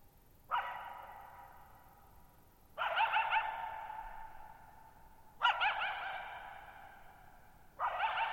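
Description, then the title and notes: Coyote giving sharp barks with wavering yelps, each burst ringing out in a long echoing tail, about every two to three seconds, over a very quiet background. Lone coyote at night, July 14, 2019, Thirtymile Meadows, Okanogan National Forest (Okanogan High Country), Pacific Northwest, 6400 ft; tall mountains on a high, mostly dry plateau, shallow bowl-shaped meadows, boggy ground. "Lone Coyote at Thirtymile Meadows. I spent the night of July 14, 2019, camped near Thirtymile Meadows in the Okanogan National Forest at 6400 ft (1950 m)"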